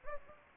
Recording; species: mosquito wingbeat signal from an infrared sensor; Anopheles gambiae